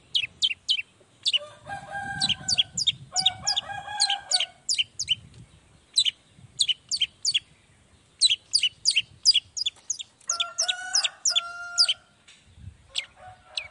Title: Langsung NYAUTTTTT ! Cendet Gacor Dor Di Kala Pagi Toet Toet Variasi Suara J. Cendet Gacor Langsung Nyaut Emosi Hanya dengan Sekali Putar Bikin Cendet Lainya Cepat Respon Bunyi